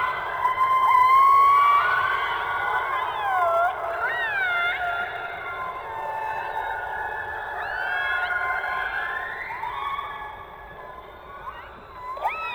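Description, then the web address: Orca calls underwater: a rising whistle, then many looping, upswept and downswept squeals overlapping, with quick chirps near the end, over constant hiss. "subacuatica Audio archivos Orcas"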